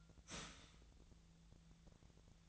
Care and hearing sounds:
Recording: daily activity, microphone in the room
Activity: start toaster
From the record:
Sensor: 3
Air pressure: 1009.3 hPa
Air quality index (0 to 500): 197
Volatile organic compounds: 16 ppm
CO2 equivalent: 2556 ppm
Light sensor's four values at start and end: 32/81/34/36 and 32/81/34/37

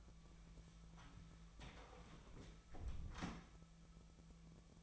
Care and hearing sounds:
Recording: daily activity, microphone in the room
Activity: close door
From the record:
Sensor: 1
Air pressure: 1000.5 hPa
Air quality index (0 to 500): 185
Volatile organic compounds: 5 ppm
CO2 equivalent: 1709 ppm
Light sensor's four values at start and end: 11/28/11/13 and 11/27/11/13

